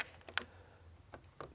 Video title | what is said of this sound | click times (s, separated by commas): Fathouse Performance Mustang Engine Bay Billet Cap Kit Installation | push it down until we hear the click | 0.4 s